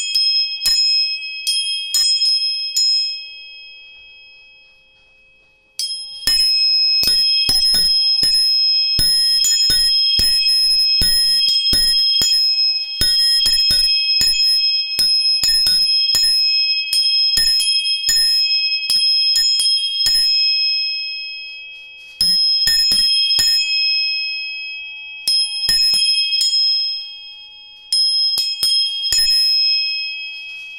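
Tuning forks are struck again and again, each sharp tap leaving clear, high ringing tones that hold steadily and overlap. The rings fade and restart around 6, 22, 26 and 28 seconds, with a quieter low tone beneath in a small, quiet room.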